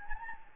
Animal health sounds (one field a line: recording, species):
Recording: mosquito wingbeat signal from an infrared sensor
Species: Anopheles gambiae